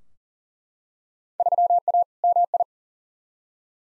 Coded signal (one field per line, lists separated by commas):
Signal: Morse code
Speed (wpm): 40 wpm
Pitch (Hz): 700 Hz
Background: none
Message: 3A MI